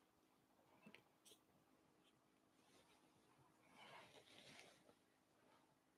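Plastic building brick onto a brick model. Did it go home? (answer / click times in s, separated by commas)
no / none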